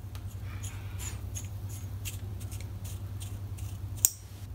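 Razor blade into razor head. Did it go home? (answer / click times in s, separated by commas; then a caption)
yes / 4.1 s. A safety razor blade is twisted down into the tight, rigid metal head, giving a series of small, faint crunching clicks over a low steady hum. A sharp, bright click at 4.1 s marks the blade seating into the head.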